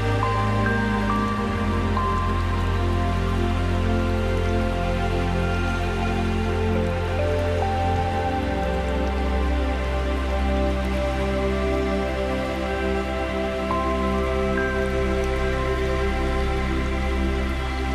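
Water runs steadily down a forest river, a dense, unbroken rushing with a strong low rumble underneath. Patters and drips sound throughout like falling rain, and a deeper tone in the low rush shifts slightly about halfway through.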